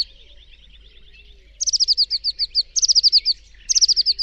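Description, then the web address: Bird calls: a faint high twittering, then three loud bursts of quick, high chirped notes in rapid series. "Bird Only"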